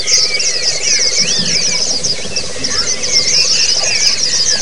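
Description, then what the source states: White-eyes chattering en masse, a high constant twitter with looping, warbling whistles and faint low thumps underneath. A group (ombyokan) of white-eyes singing together, a therapy (terapi) recording.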